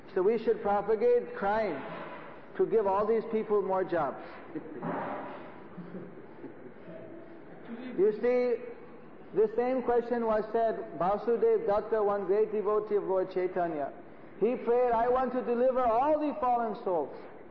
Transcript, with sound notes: So we should propagate crime to give all these people more jobs. (devotees laugh) You see, this same question was said. Vasudev Datta, one great devotee of Lord Chaitanya, he prayed, “I want to deliver all these fallen souls,